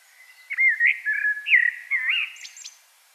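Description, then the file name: Common blackbird delivering a rich, fluting phrase of looping whistled notes, finished by two sharp, very high squeaky notes. "Turdus merula"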